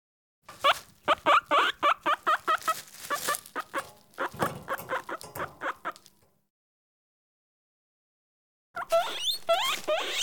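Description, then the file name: Guinea pig giving a rapid burst of short, rising squeaks for about six seconds, then a pause before another run of squeaky calls. Caged guinea pig, recorded close. "Digiffects Sound Effects Library - Close Guinea Pig in Cage"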